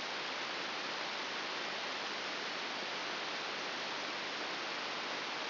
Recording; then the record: brain microelectrode recording played as sound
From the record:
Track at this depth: inside the subthalamic nucleus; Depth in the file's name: 5.001 mm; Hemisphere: right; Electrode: 3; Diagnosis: Parkinson's disease